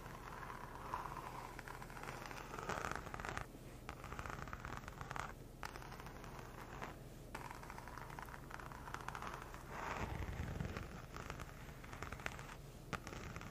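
Leather being handled, with a steady stream of crinkles and soft creaks running through the whole clip. Dense, irregular crackling fills the sound, broken by brief pauses near 3.5, 5.5 and 7 seconds, with a fuller, louder rustle around 10 seconds.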